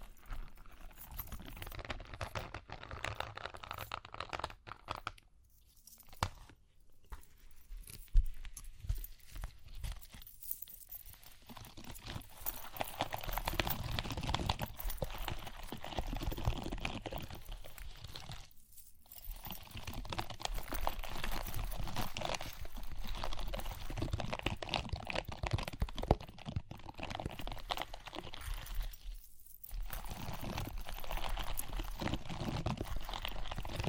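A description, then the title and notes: Dense tapping and scratching with crinkly, crunchy textures runs throughout, broken by brief silent pauses near 5, 19 and 29 seconds. Tapping, Scratching, Ear Cleaning with Jingling Sounds.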